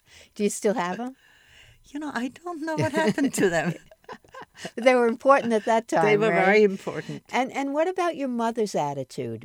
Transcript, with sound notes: Do you still have them?
You know, I don't know what happened to them.
But they were important at that time (laughs)
They were very important.
And what about your mother's attitude?